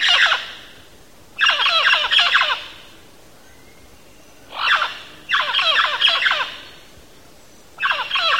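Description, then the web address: Mealy parrot calls: loud, harsh squawking bursts in clusters, with short quieter gaps between them. Recorded in Belize. "belize birds birdsongs mealy-parrot"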